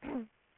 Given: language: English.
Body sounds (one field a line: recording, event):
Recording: throat vibration sensor signal played as sound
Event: throat clearing